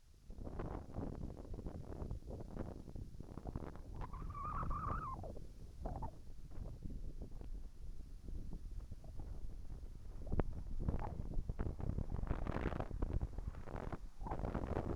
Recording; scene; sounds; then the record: everyday scene through a hearing-aid microphone; wind on the microphone; wind, whistling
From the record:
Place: in front of a rural house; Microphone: behind the ear, right, rear